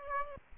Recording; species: mosquito wingbeat signal from an infrared sensor; Aedes aegypti